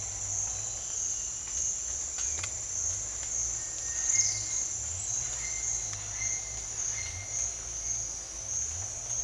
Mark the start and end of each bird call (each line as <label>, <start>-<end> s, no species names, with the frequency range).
bird call (1.5-2.3 kHz), 3.50-4.11 s
bird call (1.5-2.7 kHz), 5.33-7.42 s